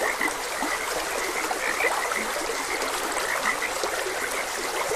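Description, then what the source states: Frog chorus of rapid, overlapping croaks that never pause, layered over a continuous rushing stream. Frogs croaking beside a gentle stream.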